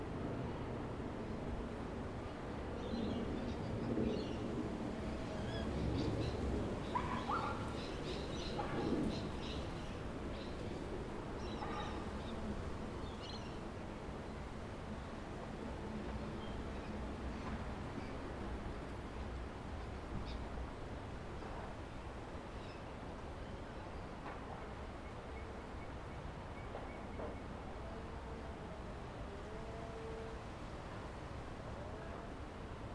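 Outdoor ambience overlooking Tamarama Beach near Bondi: a steady, dense low rumble of surf and traffic runs throughout, fuller in the first ten seconds. Scattered voices and small clatters come and go, with a few short bird chirps after twenty-five seconds.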